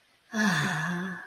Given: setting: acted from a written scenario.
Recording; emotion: vocal sound without words; ecstasy